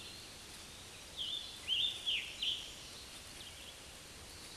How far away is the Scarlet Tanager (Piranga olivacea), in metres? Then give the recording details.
about 40 m. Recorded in a Pennsylvania forest on 19 May 2023 at 10:26. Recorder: AudioMoth, point grid1_34_low. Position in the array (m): 182 m, 84 m